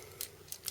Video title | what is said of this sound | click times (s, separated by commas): T2RX6 Reviews: TFC EX-002 Battle Rollar | you can see it slides in and then you rotate it and it kind of locks it in a position | 0.7 s